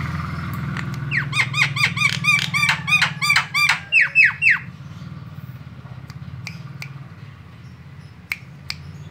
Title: Jalak Kebo Master Suara Super Berisik Buat Masteran